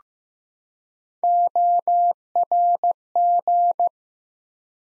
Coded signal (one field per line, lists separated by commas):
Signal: Morse code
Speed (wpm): 15 wpm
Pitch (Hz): 700 Hz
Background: none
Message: ORG